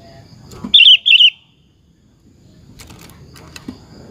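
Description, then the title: Sooty-headed bulbul delivering two bright, bubbly whistled phrases, followed by a few faint clicks and quiet. "Kutilang"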